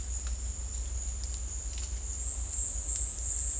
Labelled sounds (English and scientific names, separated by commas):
none